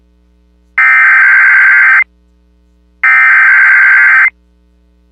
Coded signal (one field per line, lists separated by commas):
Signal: Emergency Alert System (SAME) tones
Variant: header bursts